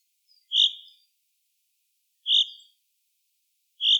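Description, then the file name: Common chaffinch giving short, sharp high call notes, three in all, spaced roughly every one and a half to two seconds, against a quiet background. "Fringilla coelebs"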